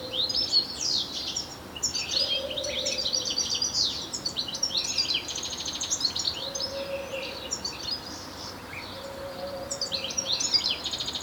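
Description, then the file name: European Goldfinch giving rapid, tinkling twitters and buzzy trills in bursts throughout, with a faint low steady tone humming intermittently underneath. "Carduelis carduelis"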